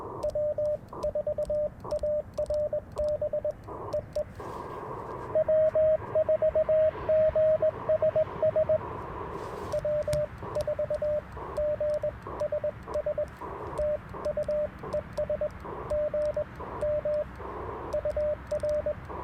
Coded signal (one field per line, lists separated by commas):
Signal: Morse code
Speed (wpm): 20 wpm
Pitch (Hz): 590 Hz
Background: radio noise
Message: W4ARB EE W4GSS W4GSS TU ES GM UR